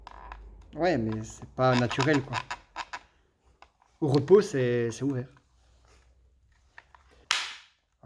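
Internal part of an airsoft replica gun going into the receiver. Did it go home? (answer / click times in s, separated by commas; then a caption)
yes / 7.3 s. During reassembly of a Tokyo Marui MP5 airsoft replica, an internal part is pushed back into the receiver while someone talks, with a few faint ticks in between. At 7.3 s it seats with a sharp, loud click, a good sign, though the fault is still not fixed.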